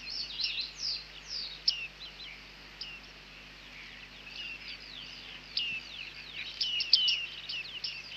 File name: Bearded Tit (Panurus biarmicus)